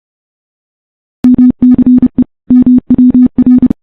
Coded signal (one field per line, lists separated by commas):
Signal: Morse code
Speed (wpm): 30 wpm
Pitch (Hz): 250 Hz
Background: none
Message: MCE MWR